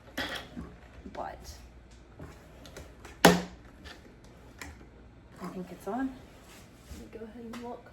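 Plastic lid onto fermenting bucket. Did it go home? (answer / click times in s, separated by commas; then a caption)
yes / 3.2 s. A plastic lid is pressed onto a fermenting bucket, and it seats with a loud, sharp snap at 3.2 seconds. Someone talks before and after the snap, and other faint handling sounds are heard around it.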